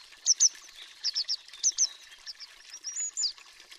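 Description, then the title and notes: Grey Wagtail with high metallic notes in pairs and threes, then a brief varied phrase ending in thin, sliding notes. High metallic two-syllable call; song a short series of sharp notes sung by the male in flight; breeds along fast mountain streams, winters in towns; nests in rock crevices, banks, under bridges, drains. "Triluri Urbane. Codobatura de munte. Orașul Vorbește. Societatea Ornitologica Română"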